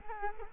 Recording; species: mosquito wingbeat signal from an infrared sensor; Culex quinquefasciatus